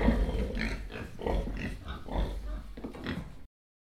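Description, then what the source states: Pig grunting in a rapid, low, rough series of snorts and oinks, ending abruptly. Binaural recording.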